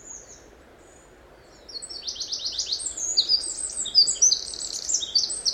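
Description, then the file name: Eurasian wren song after a short quiet start: rapid, very high trills and sharp twittering notes that grow louder, over steady low background hiss. "Troglodytes troglodytes"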